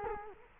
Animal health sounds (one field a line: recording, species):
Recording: mosquito wingbeat signal from an infrared sensor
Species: Culex quinquefasciatus